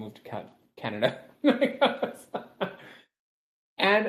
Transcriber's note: chuckles